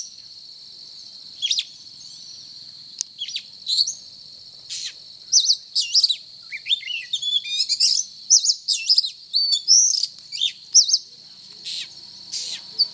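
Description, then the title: Oriental magpie-robin giving scattered whistles that build into a continuous, varied song of sharp slurred notes and short trills, over a constant high background tone. Described as gacor, singing vigorously. "Kacer Gacor"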